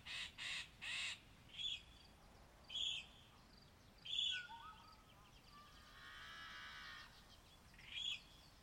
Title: Yellow-Headed Blackbirds at Morning At Columbia National Wildlife Refuge